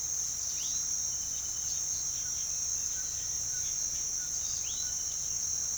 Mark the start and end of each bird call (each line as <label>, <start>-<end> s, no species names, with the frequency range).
bird call (1.1-4.8 kHz), 0.53-5.40 s